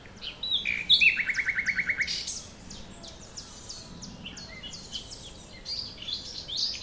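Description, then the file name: Common nightingale song: high whistled notes, then a fast, loud, regular rattling trill of about ten notes, followed by quieter varied high chirps and scratchy phrases. "Luscinia megarhynchos"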